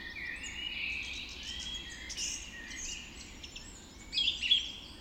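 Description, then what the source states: Dawn chorus of birds, soft layered warbling and whistles, with a brighter burst of high chirps toward the end. Dawn chorus recorded just after dawn in the Forest of Dean.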